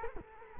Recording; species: mosquito wingbeat signal from an infrared sensor; Culex quinquefasciatus